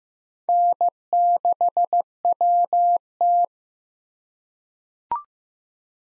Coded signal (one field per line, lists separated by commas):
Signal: Morse code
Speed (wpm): 15 wpm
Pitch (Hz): 700 Hz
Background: none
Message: N6WT